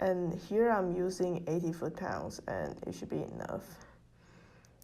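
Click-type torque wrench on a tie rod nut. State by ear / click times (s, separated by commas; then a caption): torque reached / 4.8 s. A click-type torque wrench set to 84 ft-lb tightens the tie rod nut on a Chevrolet Express van's steering linkage while someone talks. After the speech fades into quiet, the wrench gives a sharp click at 4.8 seconds, showing it has reached the set torque.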